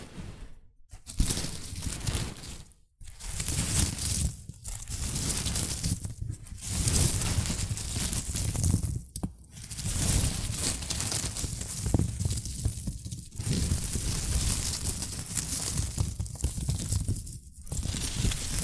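Shredded tissue and packing peanuts rustle and crinkle in a dense, crackly rush that fills the whole range from low to bright. Short quiet breaks interrupt it every couple of seconds, near 1, 3, 9 and 17 seconds, before the scratchy handling resumes.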